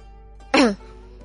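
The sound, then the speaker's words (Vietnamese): A princess gives a brief, light cough, breathy and rasping, over a faint steady background hum, with no talking around it. “Công chúa ho nhẹ hai tiếng.”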